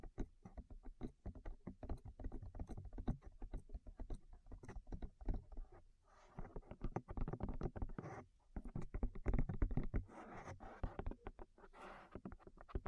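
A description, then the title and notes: Quick, dense tapping runs without pause, each tap a short, thumpy knock with a low body. Around the six-second mark and again near ten to twelve seconds, softer rustling and brushing sounds blend in beneath the taps before the steady knocking returns. ASMR Tap Your Ears 3Dio (No Talking).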